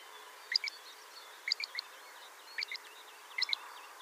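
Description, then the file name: Great grey shrike giving clipped, high ticking notes in groups of two or three, about one group per second. "Averla Maggiore"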